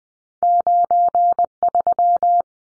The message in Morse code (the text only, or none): 93